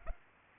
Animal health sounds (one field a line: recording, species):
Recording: mosquito wingbeat signal from an infrared sensor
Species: Culex pipiens